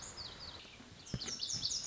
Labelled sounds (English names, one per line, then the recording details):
Lazuli Bunting
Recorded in Sonoma County, California